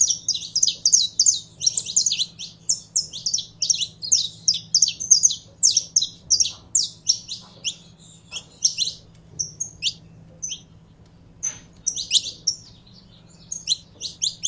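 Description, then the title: Belgian canary singing fast high trills and chirped phrases, thinning into scattered notes after the midpoint before picking up again, over a faint low hum. Song of a purebred Belgian canary. "Canto Do Canário Belga Puro"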